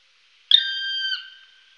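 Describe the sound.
Black woodpecker calling once, a single clear, sustained whistled note that drops slightly at the end and fades out.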